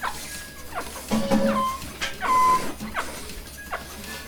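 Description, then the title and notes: Sheep bleating: several short calls mixed with a few steady tonal squeaks and a low hum. Field recording in a sheep fold at Gramaços, Oliveira do Hospital, during the daily milking of about 30 sheep. "ordenha (gramaços, oliveira do hospital). Ovelhas # 2 (Ordenha). gravacao de campo num redil de ovelhas, em gramacos, oliveira do hospital, aquando da ordenha diaria a cerca de 30 ovelhas"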